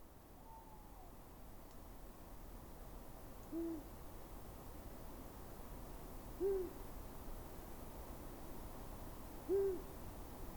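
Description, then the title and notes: Long-eared Owl hooting: three soft, low single hoots spaced about three seconds apart, faint under steady hiss and low rumble. Distant male hooting for nearly twenty minutes around midnight at a Scots pine wood edge during thaw, early spring, 17 February 2021, Lesches-en-Diois plateau, Drôme, France; Nagra recorder, cardioid microphone pair. "17 février 2021-Plateau de Lesches en diois - Drôme. Durant la nuit vers minuit un hibou moyen-duc est venu chanter au loin"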